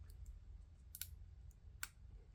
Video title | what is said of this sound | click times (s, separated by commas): Making a one-handed Wine Master | there we go got out to pop into place hopefully the video was in focus for you | 1.0 s, 1.8 s